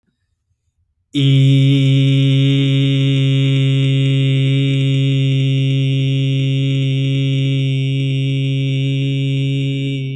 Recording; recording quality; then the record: sustained vowel as in beet; excellent, no background noise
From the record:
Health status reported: healthy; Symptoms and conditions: none ticked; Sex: male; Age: 24 years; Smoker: not ticked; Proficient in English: yes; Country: United States